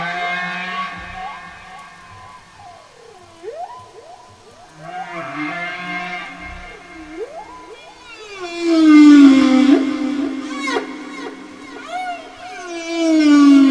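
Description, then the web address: Whale song: dipping and rising tonal swoops, then louder, lower moans rich in harmonics. "Whale"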